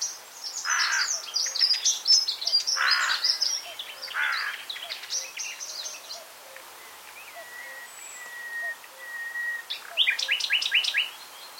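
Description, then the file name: Common nightingale song mixing harsh rasping bursts, rapid chatters, a row of level whistles and a final fast stuttering series, with soft low repeated notes behind. "Luscinia megarhynchos"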